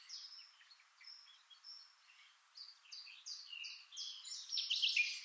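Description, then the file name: Eurasian blackcap song: scattered thin high notes that gather into a quickening, louder, tumbling warble in the last seconds. "Sylvia atricapilla"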